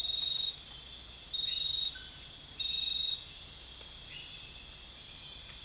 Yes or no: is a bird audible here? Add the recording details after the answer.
no. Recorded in dense forest near Puerto Asís, Putumayo, Colombia, on 21 December 2024 at 23:00. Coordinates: 0.484, -76.317. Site G026